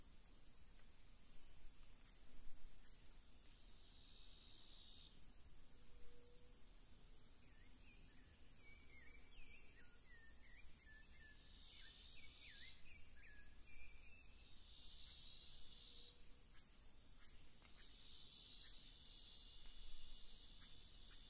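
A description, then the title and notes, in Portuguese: Atlantic tropical forest ambience with a steady high hiss of insects, joined every few seconds by a pulsing buzz that switches on and off in long blocks. Quick, chirping bird calls flutter through the middle stretch over a soft, low background rumble. Floresta Tropical- Mata Atlântica/Tropical Forest-Atlantic Forest. As florestas ombrófilas densas submontanas se estendem pelas encostas das serras entre as altitudes de 50 a 500 metros.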